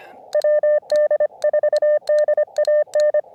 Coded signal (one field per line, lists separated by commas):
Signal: Morse code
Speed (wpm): 25 wpm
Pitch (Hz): 600 Hz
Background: none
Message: WD4DAN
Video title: CW Paddle Giveaway | Back at 1st SOTA